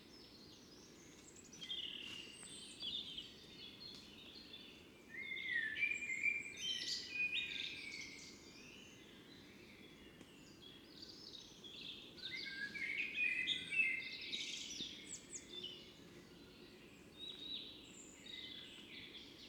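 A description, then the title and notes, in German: An evening outdoors by a fox den, filled with dense, overlapping birdsong from several birds. The chirping and trilling swell around the fifth to eighth seconds and again near the thirteenth, over a steady low rumble of background noise. Ein Abend vor dem Fuchsbau (Kopfhörerfassung). Dieses Mal war ich mit dem Kunstkopf angerückt.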